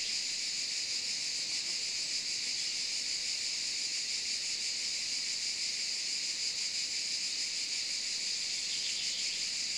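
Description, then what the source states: Cicada chorus, an intense high whirring drone running steadily throughout. In the Maures, Var, France, on 3 July 2024 at 13:30.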